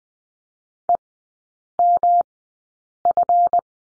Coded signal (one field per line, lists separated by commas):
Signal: Morse code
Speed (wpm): 20 wpm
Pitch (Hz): 700 Hz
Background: none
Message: EMF